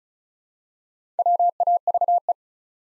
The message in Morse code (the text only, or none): WAVE